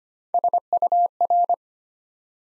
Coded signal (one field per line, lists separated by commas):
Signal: Morse code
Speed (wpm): 25 wpm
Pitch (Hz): 700 Hz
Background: none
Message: SUR